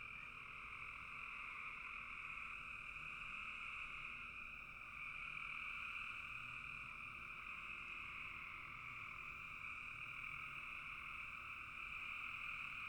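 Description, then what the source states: Continuous frog chorus, overlapping trills blending into a steady two-pitched drone that dips briefly then resumes at full strength. Frogs calling in a bog.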